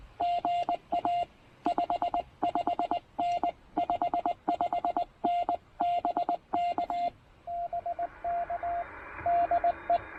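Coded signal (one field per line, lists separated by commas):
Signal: Morse code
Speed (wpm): 20 wpm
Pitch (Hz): 690 Hz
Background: radio noise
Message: GA 55N 55N BK BK DE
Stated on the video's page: QRP CW park activation on 20 and 40 meters.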